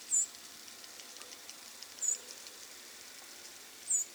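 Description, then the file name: Harris's sparrow with three sharp, high-pitched call notes spaced about two seconds apart; light background hiss throughout. "Harris's Sparrow - Zonotrichia querula"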